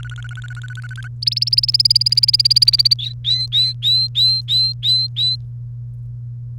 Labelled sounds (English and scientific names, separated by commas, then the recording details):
Domestic Canary (Serinus canaria) song
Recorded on 1 May 2018 at 14:53
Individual llb3